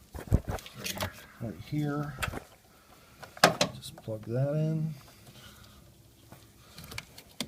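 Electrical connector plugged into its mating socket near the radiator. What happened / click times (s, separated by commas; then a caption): The connector is being handled and has not yet latched / none. During radiator reinstallation on a Ford Explorer 4.0L, an electrical connector is handled and brought to its mating socket near the radiator to be plugged in while someone talks. Short handling taps and knocks are heard, with the sharpest around 3.4 s, but the connector has not seated or clicked yet.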